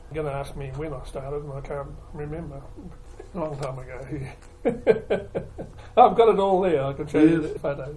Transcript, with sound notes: You’re going to ask me when I started, and I can’t remember – a long time ago – yeah. [Chuckle] I’ve got it all there, I could show you photos.